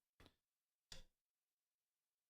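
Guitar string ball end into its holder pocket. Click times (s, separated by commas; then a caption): 0.9 s. While a string is changed on a Steinberger headless guitar, a screwdriver holds the string down as tightening starts so the metal ball end clips into its pocket in the holder. A faint tick comes at 0.3 s, then a sharper, louder tick at 0.9 s as the ball end seats. The ball end is seated and the string is good.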